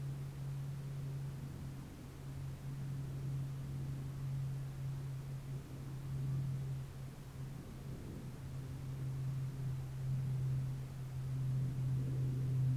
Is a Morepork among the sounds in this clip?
no